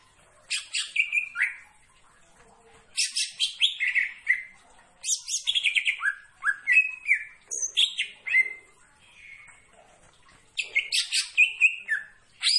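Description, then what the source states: Leafbird song in varied bursts of high, descending whistled and buzzy notes, separated by short pauses. Singing actively (gacor).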